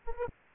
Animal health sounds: mosquito wingbeat signal from an infrared sensor; Aedes aegypti

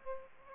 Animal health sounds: mosquito wingbeat signal from an infrared sensor; Aedes aegypti

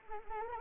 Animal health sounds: mosquito wingbeat signal from an infrared sensor; Anopheles arabiensis

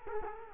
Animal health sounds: mosquito wingbeat signal from an infrared sensor; Culex quinquefasciatus

